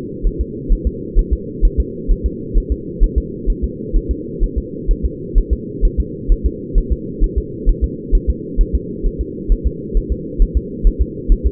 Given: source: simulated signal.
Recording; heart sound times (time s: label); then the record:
fetal heart sounds
0.27 s: S1
0.41 s: S2
0.73 s: S1
0.87 s: S2
1.19 s: S1
1.33 s: S2
1.65 s: S1
1.80 s: S2
2.11 s: S1
2.26 s: S2
2.58 s: S1
2.72 s: S2
3.03 s: S1
3.18 s: S2
3.50 s: S1
3.64 s: S2
3.96 s: S1
4.11 s: S2
4.44 s: S1
4.58 s: S2
4.91 s: S1
5.05 s: S2
5.38 s: S1
5.53 s: S2
5.85 s: S1
6.00 s: S2
6.32 s: S1
6.46 s: S2
6.78 s: S1
6.93 s: S2
7.24 s: S1
7.38 s: S2
7.69 s: S1
7.84 s: S2
8.15 s: S1
8.30 s: S2
8.61 s: S1
8.75 s: S2
9.06 s: S1
9.21 s: S2
9.52 s: S1
9.67 s: S2
9.97 s: S1
10.12 s: S2
10.42 s: S1
10.57 s: S2
10.87 s: S1
11.02 s: S2
11.32 s: S1
11.47 s: S2
From the record:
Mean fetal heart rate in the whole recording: 130 bpm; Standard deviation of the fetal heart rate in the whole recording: 2 bpm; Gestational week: 38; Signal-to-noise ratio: -4.1 dB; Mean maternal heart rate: no maternal heart sound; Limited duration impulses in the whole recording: absent